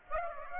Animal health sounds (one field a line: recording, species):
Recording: mosquito wingbeat signal from an infrared sensor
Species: Aedes aegypti